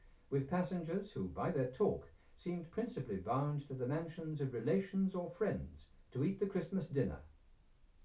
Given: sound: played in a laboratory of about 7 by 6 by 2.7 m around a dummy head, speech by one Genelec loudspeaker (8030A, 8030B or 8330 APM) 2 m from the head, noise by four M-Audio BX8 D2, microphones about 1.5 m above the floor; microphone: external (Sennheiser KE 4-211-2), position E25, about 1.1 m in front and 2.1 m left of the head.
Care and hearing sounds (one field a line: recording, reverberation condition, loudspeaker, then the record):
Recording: male speech in English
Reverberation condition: low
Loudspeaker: 120 degrees to the left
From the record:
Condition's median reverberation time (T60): about 310 ms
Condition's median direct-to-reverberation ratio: about 3.5 dB